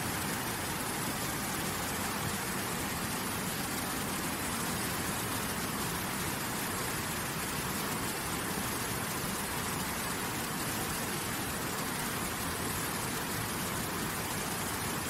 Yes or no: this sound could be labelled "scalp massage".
no